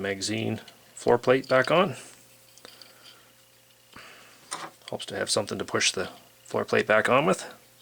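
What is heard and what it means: During reassembly of a Stevens Model 85 .22 semi-auto rifle, the metal magazine floor plate is being pushed back onto the magazine with a tool while someone talks. A few faint handling clicks are heard around 2.6–2.8 seconds, with a sharper one at 4.5 seconds. Nothing has seated or clicked into place yet.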